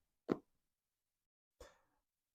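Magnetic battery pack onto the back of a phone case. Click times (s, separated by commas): 0.3 s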